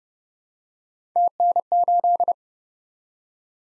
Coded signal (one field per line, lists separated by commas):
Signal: Morse code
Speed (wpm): 30 wpm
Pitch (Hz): 700 Hz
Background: none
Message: TN8